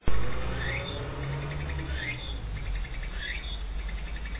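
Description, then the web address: Walker's cicada song: pulsed buzzy notes with a few rising swept phrases after a sharp opening click, over low background hum. Recorded 2007-08-23. "kisetsu 4 tsukutsuku 070823"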